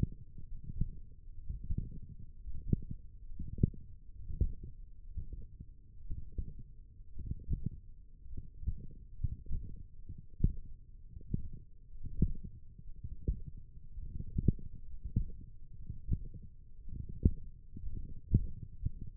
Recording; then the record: forearm muscle sounds (acoustic myography)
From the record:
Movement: tripod grip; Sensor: system 1, eight BSWA MPA416 microphones around the upper forearm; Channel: 2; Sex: male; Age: 23 years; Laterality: right